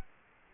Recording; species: mosquito wingbeat signal from an infrared sensor; Culex quinquefasciatus